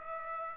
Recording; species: mosquito wingbeat signal from an infrared sensor; Aedes aegypti